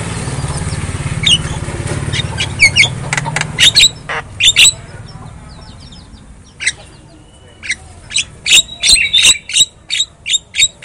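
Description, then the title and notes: Javan myna song: sharp squawking notes and short whistles in irregular bursts, over low rumbling background noise in the first few seconds, becoming busier toward the end. Lure song of Javan myna, used to prompt a mute myna to sing. "Pancingan Jalak Kebo Bisu. Kicau Jalak Kebo"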